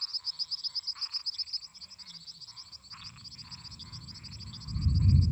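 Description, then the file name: Toad croaks in short bursts amid fast, bright insect pulsing, with a low rumbling noise rising over the final second. Toads singing at night together with crickets and cicadas. "Grilos cigarras e sapos cantando a noite"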